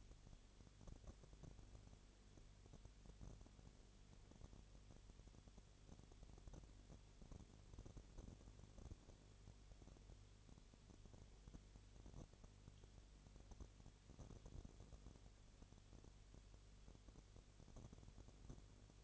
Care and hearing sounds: daily activity, microphone in the room; no activity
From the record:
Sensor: 4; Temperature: 22.6 degrees Celsius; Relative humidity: 32.0%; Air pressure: 1008.1 hPa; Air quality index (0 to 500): 114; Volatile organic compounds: 2 ppm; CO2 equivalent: 1104 ppm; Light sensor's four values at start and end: 2/3/1/1 and 2/3/1/1

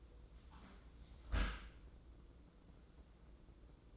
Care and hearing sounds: daily activity, microphone in the room; close dishwasher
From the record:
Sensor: 3

